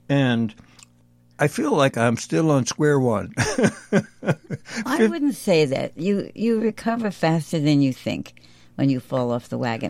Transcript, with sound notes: and I feel like I'm still on square one. (laughs)
I wouldn't say that. You, you recover faster than you think when you fall off the wagon,